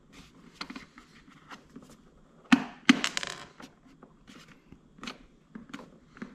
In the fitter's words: Now we're going to replace the back cover. It'll snap into place.